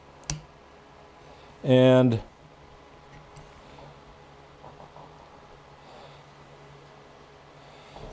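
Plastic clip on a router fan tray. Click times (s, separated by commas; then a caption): 0.3 s. During a test fit, a trimmed plastic fan-tray part is pushed onto a Juniper router's fan tray and snaps on with a sharp click at 0.3 s. Someone talks briefly afterward over a low background hum. The plastic clip is seated as intended, with nothing broken.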